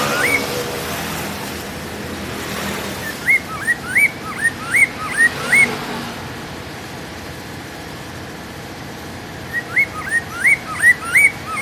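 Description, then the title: Hwamei giving a string of clear rising whistled notes, a pause, then another similar run, against a low steady background hum. "Poksay mandarin"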